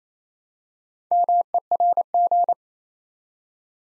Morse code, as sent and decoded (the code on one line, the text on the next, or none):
-- . .-. --.
MERG